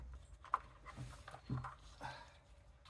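A locking tab on a plastic engine-harness connector is pressed to unplug it from a sensor on the 2GR-FE V6 engine of a 2005–2012 Avalon, and it gives a sharp click at 0.5 s as the connector is released. Someone talks, briefly fearing the tab broke before deciding it may not have.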